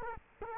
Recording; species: mosquito wingbeat signal from an infrared sensor; Culex quinquefasciatus